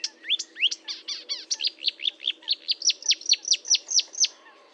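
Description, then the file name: Marsh warbler song built from a series of sharp, down-slurred whistled notes repeated about twice a second, fading at the end. Recorded at Fourneau, Fontaine-Française, France, on 1 June 2022 at 10:55, using Nagra recorder and Telinga equipment. "Rousserolle verderolle 1055 Fontaine-Francaise-Fourneau"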